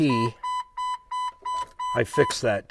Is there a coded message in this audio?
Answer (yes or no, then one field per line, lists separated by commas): no